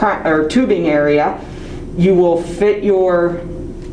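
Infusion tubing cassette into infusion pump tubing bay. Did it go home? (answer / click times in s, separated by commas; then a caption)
no / none. Someone talks while handling the plastic tubing cassette of an infusion administration set, which is to be fitted onto the two middle legs in the tubing area of an infusion pump and pressed until it snaps in. Only speech is heard. Nothing has seated or clicked yet.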